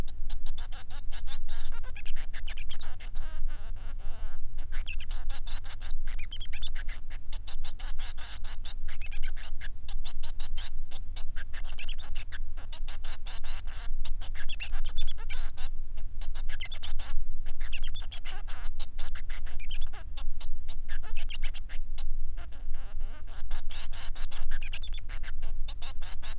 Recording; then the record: song of a male Bengalese finch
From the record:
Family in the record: son of father 3